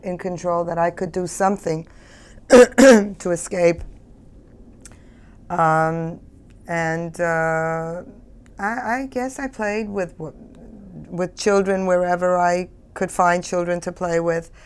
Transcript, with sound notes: In control that I could do something (she clears her throat) to escape. And I guess I played with the children wherever I could find children to play with.